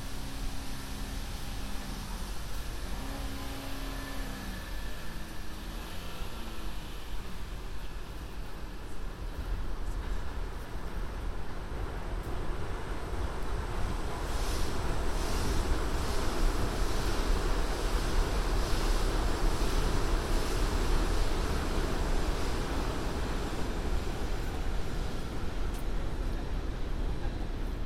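Binaural recording of a walk along Broadway, filled with a dense, steady roar of traffic and low rumble. Early on, a few short tonal sounds rise and fall over the din, and from about fourteen seconds the rushing grows louder and brighter, like vehicles passing.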